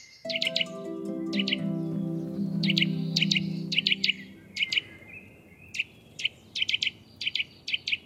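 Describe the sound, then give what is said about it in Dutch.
A Eurasian nuthatch sings from a gnarled oak on the Kernhem estate: short bursts of rapid, repeated clear flowing whistles, high and ringing, over a low droning hum that fades out midway; no one speaks. “En verderop in een knoestige eik vloeiende fluittonen, de zang van de boomklever.”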